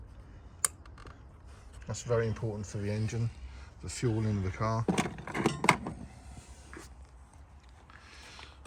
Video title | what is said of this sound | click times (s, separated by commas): Taking apart “Ford MOTORCRAFT “ Oil Filter | Make sure that clicks into place. | 0.6 s